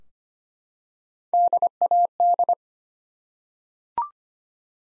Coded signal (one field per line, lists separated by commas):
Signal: Morse code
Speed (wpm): 25 wpm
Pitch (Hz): 700 Hz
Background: none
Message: DAD